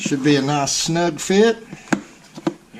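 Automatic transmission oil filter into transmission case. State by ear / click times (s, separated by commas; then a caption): seated / 1.9 s. Someone talks as an automatic transmission oil filter's neck is pushed into its bore in the transmission case, a snug fit made before the pan goes on. A single sharp, loud click at 1.9 s marks the filter popping into place, seated, followed by faint light knocks.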